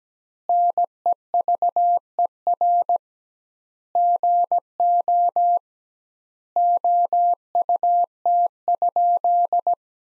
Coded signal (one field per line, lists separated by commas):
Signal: Morse code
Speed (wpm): 17 wpm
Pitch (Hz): 700 Hz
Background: none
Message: NEVER GO OUT?